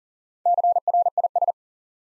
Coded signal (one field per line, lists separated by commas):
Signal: Morse code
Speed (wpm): 37 wpm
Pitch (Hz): 700 Hz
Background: none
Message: CRIS